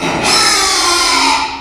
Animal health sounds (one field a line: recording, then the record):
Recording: squeal of a Yucatan mini pig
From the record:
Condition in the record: after surgery on the right vocal fold (resection and tissue-engineered implant)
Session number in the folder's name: 2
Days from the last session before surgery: 13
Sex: male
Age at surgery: 12 weeks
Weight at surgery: 13 kg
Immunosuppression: cyclosporine, prednisolone